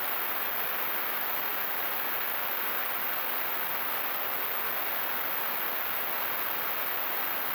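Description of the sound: Simulated tinnitus: a steady, broadband hiss of noise-type tinnitus, strongest in the mid frequencies, with no low-frequency content, constant in loudness throughout.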